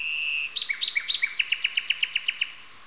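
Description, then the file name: Nightingale song: a steady whistle breaks into a fast series of many sharp, descending chirps at an even pace. "solovei"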